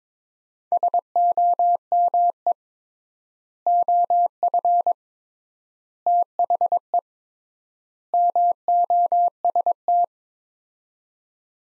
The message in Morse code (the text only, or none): SOME OF THE MOST